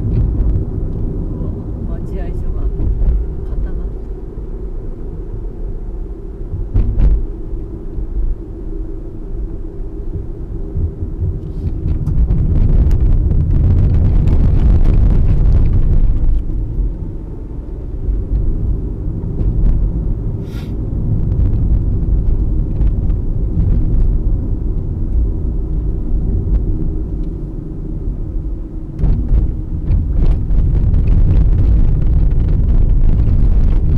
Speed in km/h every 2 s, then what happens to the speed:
44, 44, 43, 39, 39, 37, 34, 32, 32, 38, 40, 39, 37, 34, 34, 32, 29.
0-13 slows to 32. 13-21 speeds up to 40. 21-34 slows to 29.